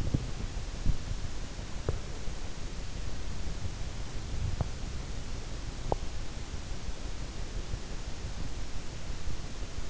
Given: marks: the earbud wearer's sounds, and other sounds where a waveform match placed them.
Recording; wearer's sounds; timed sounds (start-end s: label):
sounds in sleep by an in-ear microphone; body movement
0.00-1.30 s: body movement